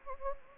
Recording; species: mosquito wingbeat signal from an infrared sensor; Anopheles gambiae